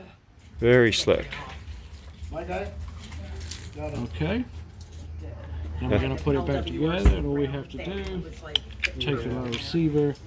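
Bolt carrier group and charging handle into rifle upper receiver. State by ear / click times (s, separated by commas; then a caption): seated / 3.5 s. On a SIG Sauer SIGM400 AR-15 rifle, the bolt carrier group, with its keyway laid in the groove of the charging handle, is lined up and slowly pushed into the upper receiver while someone talks. A single sharp click at 3.5 s marks the bolt carrier group seating home in the upper receiver.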